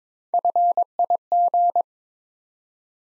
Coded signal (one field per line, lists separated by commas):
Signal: Morse code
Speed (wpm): 22 wpm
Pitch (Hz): 700 Hz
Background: none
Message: FIG